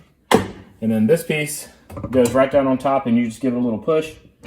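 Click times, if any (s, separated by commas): 0.3 s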